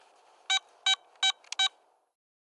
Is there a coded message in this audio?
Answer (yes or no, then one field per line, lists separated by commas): no